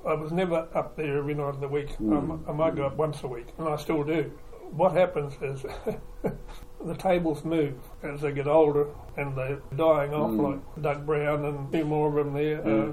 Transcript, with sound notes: I was never up there every night of the week – I might go up once a week, and I still do. What happens is [chuckle] the tables move as they get older and they are dying off – like Doug Brown and… be more of them there…